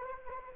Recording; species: mosquito wingbeat signal from an infrared sensor; Anopheles arabiensis